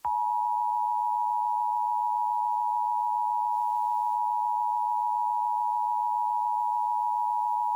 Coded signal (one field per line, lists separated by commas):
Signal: Emergency Alert System (SAME) tones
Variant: 853 and 960 Hz attention tone